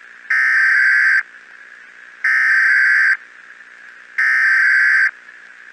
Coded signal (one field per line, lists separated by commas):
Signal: Emergency Alert System (SAME) tones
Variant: header bursts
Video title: EAS Scenario Movie - "The Silent Invasion: The Shockwave"